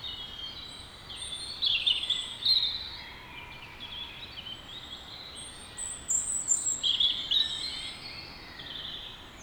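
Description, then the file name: European robin song in two separate bursts of high, tinkling, warbled notes, with quieter passages between. "Erithacus rubecula"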